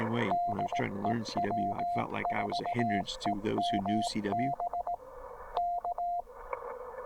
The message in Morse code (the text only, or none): DE W4EMB K